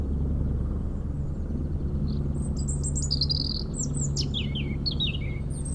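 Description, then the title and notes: European robin singing sweet, high twittering and trilled phrases, with a heavy, rumbling hum underneath throughout. Robin singing in a hedge near Lac du Bourget, France, during helicopter lifting for cliff works, echoing off a mountain; Zoom H4n Pro placed vertically on ground. "Près du lac du Bourget, un rouge-gorge chante dans une haie"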